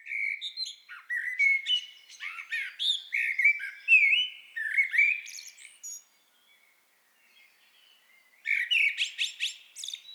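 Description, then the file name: Eurasian blackbird singing mellow whistled phrases that end in squeaky, chattering flourishes, a pause, then another phrase. "Turdus merula"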